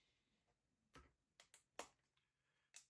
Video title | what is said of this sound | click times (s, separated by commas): Part 2 of 2 of UGears UGT-24 Endurance Racer Assembly Instructions Video by Ukidz LLC - UGears US | all the way until it snaps. | 1.8 s